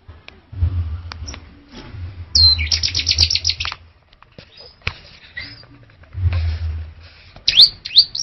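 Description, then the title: Orange-headed thrush song: fast run of repeated high whistled notes, then scattered sharp phrases, with low rumbling noise in places. "Anis Merah1"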